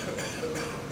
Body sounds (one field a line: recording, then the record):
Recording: coughing mixed with background sound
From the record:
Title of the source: Wet Throat Infection Cough